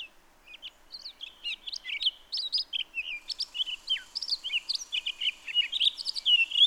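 Townsend's solitaire singing a rapid, varied warble of high slurred and fluty notes, flowing almost without pause throughout.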